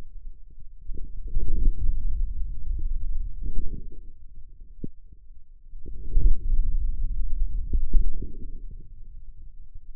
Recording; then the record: forearm muscle sounds (acoustic myography)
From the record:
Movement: hand closing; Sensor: system 2, bracelet of six BSWA MPA416 microphones around the upper forearm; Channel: 6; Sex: male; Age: 22 years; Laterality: right